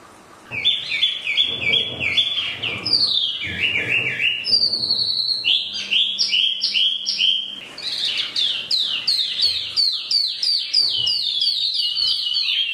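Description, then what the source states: Chinese hwamei song: a long, rich sequence of varied whistles, rolling trills and rapid repeated notes, loud and almost unbroken throughout. Used for training cage birds (omkicau).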